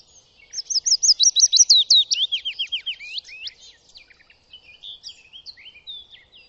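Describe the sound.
Bird trills rapidly, high clipped notes that become downward slurs, then a softer, looser run of scattered twittering notes trailing off near the end.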